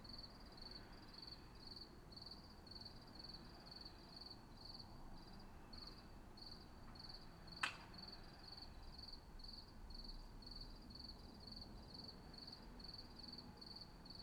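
Cricket chirping steadily in short repeated bursts, a single sharp click midway, low background noise throughout.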